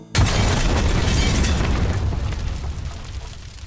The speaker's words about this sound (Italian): L'esplosione ci disintegrò tutti e quattro. Ci fece esplodere in 1000 piccoli pezzi.